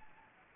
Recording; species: mosquito wingbeat signal from an infrared sensor; Anopheles gambiae